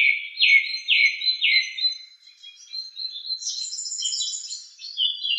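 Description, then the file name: Song thrush song: a bright phrase repeated three times, then a run of varied high twittering and trilled notes, ending on a lower repeated phrase. "suara-kicauan-burung-song-thrush 7-omkicau"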